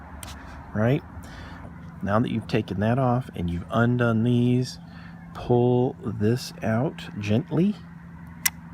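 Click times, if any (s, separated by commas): 8.5 s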